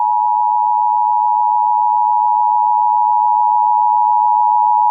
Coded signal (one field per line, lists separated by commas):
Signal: Emergency Alert System (SAME) tones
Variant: 853 and 960 Hz attention tone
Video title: EAS Scenario - Black Void